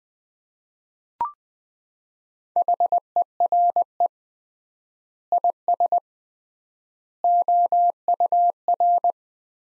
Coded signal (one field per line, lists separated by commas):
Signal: Morse code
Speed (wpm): 20 wpm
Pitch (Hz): 700 Hz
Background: none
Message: HERE IS OUR